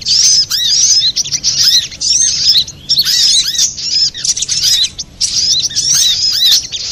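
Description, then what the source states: Little spiderhunter song of rapid, high-pitched tweets delivered in energetic bursts separated by short breaks, little else audible. Master recording for training cage birds.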